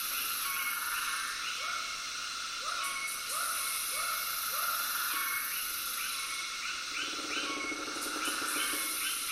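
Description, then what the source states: Frogs giving repeated short calls over a dense, steady high cicada chorus. Tropical soundscape with cicadas and frogs.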